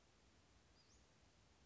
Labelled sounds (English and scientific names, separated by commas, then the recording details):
Western Flycatcher (Empidonax difficilis)
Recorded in Sonoma County, California